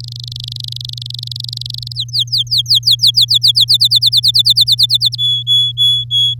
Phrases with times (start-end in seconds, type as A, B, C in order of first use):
0.00-1.93 A, 1.95-3.65 B, 3.68-5.15 C, 5.18-6.34 D